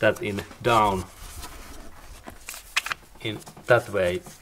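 Someone talks while handling the electrical connector as it is pressed down toward the glow plug of a diesel engine in a Mercedes-Benz W212 E-Class with the 2.2 engine (2008 to 2018). A few brief sharp handling sounds occur between about 2.3 and 2.9 seconds. The connector has not seated or clicked in yet.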